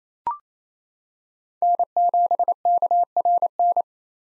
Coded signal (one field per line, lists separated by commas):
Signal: Morse code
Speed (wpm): 28 wpm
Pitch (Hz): 700 Hz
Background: none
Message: N7KRN